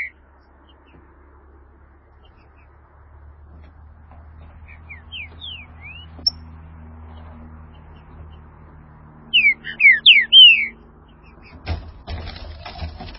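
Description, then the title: Green-winged saltator giving scattered soft whistles, then one loud phrase of rapid falling notes, followed by clattering noise over a low steady hum. "Trinca Ferro"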